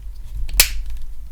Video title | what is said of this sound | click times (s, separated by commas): ZyberVR Golf Club Handle for Quest 2 - Unboxing, Assembly, Review & Golf+ Giveaway! | and hear that click in | 0.6 s